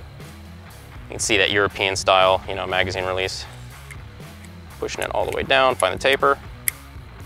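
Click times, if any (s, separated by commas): 6.7 s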